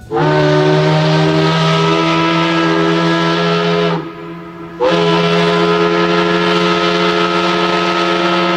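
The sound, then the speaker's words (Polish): A loud factory steam whistle in Łódź blares in the early morning in a long, steady, low-pitched wail with a rich, harsh tone, cuts out for under a second, then blasts again just as strongly. “Pierwszy wrzaskliwy świst fabryczny rozdarł ciszę wczesnego poranku, a za nim we wszystkich stronach miasta zaczęły się zrywać coraz zgiełkliwiej inne i darły się chrapliwymi, niesfornymi głosami, niby chór potwornych kogutów,”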